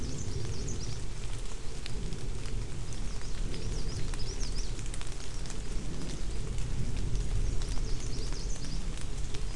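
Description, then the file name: Bird song: high, warbling whistled phrases that rise and fall, heard in several bursts, over constant loud rainfall. Bird sound mixed with rain. "mixture of bird and rain"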